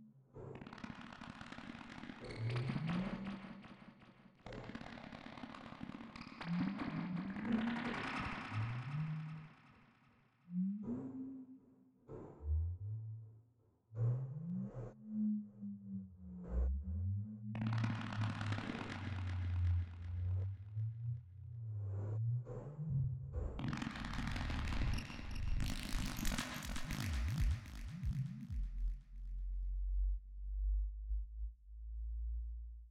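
A dark, alien-sounding loop of gliding low tones that rise and bend, broken up by bursts of hissing, crackling noise that flare bright around the middle and again near the end. The sound is dense, and it settles into a deep, steady drone at the finish.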